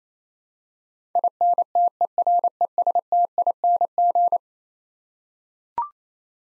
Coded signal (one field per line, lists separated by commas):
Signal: Morse code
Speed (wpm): 27 wpm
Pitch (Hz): 700 Hz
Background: none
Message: INTERESTING